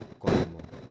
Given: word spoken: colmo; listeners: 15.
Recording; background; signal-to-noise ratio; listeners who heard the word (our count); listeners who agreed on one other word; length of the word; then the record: one Spanish word in noise, from a listening test; noise modulated by one talker; -10.1 dB; 4 of 15; 8 of 15; 0.51 s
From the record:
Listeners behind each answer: 8, 4, 1, 1, 1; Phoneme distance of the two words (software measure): 10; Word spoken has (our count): 2 syllables, 5 phonemes, stress on syllable 1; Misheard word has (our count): 2 syllables, 5 phonemes, stress on syllable 1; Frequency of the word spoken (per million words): 10.59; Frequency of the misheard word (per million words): 0.49